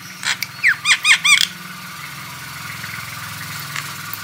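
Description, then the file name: Starling song: a quick burst of several descending whistled squeals over a steady low engine-like drone, which continues alone afterwards. Female bird. "suara burung jalak betina"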